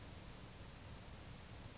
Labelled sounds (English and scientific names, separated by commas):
California Towhee (Melozone crissalis)